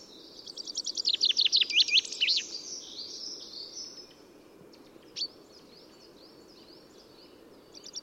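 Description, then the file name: Common chaffinch gives one trilled song phrase ending in a flourish, followed by soft scattered chirps and the start of another phrase at the very end. "Fringilla coelebs"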